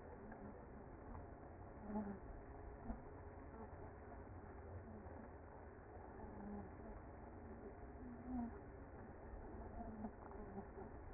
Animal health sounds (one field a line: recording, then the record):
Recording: honeybee colony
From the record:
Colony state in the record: active